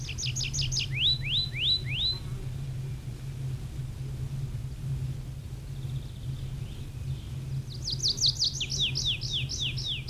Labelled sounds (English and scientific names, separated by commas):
Tree Pipit (Anthus trivialis) song